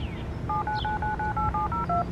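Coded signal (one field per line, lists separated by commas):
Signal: DTMF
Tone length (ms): 140 ms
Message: 799998702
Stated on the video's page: EAS activation from a weather radio tuned to WXJ57 in South Bend, during the Indiana statewide tornado drill.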